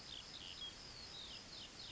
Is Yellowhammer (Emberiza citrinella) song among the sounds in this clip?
no